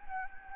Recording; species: mosquito wingbeat signal from an infrared sensor; Anopheles gambiae